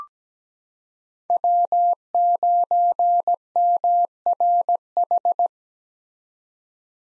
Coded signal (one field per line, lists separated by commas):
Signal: Morse code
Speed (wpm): 17 wpm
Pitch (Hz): 700 Hz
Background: none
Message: W9MRH